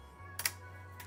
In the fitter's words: Oh, that was a solid click. That was louder than the ram click.